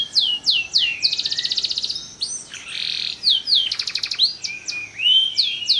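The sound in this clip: Bird song: repeated sharp downslurred whistles, a fast trill, a harsh buzzy note, another rattle, then more swooping whistles.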